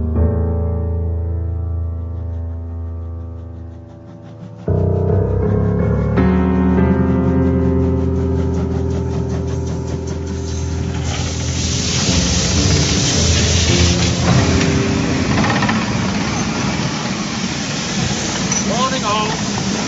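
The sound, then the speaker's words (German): A train idles at a station called Warning Horde with a deep, steady engine rumble and tonal hum. It jumps louder a few seconds in, then a broad hissing roar builds and holds to the end. “Oh komm, wir verpassen den Zug.”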